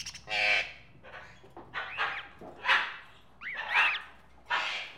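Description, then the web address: Tropical birds giving loud, rasping squawks in quick succession, mixed with arched whistled notes that rise and fall. Various tropical birds together in a pet shop. "birds various tropical birds in a pet shop animal ambience"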